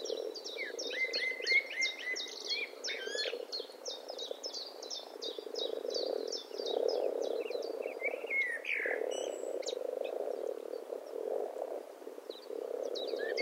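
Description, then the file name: Eurasian blackbird calling with quick runs of sharp high chirps, broken by a brief rising note, against a constant low rumble. "Turdus merula"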